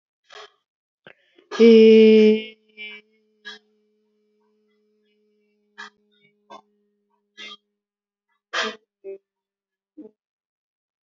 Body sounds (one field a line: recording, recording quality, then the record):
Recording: sustained vowel as in made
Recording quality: excellent, no background noise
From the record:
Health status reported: exposed to COVID-19, no respiratory illness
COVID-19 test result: not tested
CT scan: not taken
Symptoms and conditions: cough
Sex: female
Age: 41 years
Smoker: no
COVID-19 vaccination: both doses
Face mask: not worn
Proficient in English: yes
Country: India